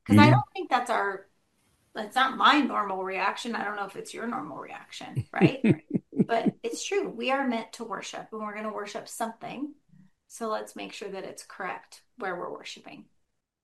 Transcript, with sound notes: Because I don't think that's our, that's not my normal reaction. I don't know if it's your normal reaction, right?
(laughs)
But it's true. We are meant to worship, and we're gonna worship something, so let's make sure that it's correct where we're worshiping.